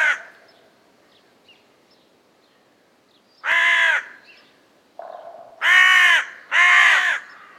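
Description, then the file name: Carrion crow calling: a caw at the start, then after a quiet stretch loud, raucous caws a second or two apart, with a softer lower call before the last pair. "Corvus corone"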